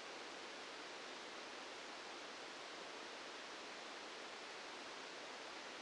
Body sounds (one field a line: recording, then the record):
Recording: brain microelectrode recording played as sound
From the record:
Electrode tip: outside the subthalamic nucleus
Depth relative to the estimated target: -3 mm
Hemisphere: left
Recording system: NeuroSet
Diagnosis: Parkinson's disease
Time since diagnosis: 8 years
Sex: male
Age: 65 years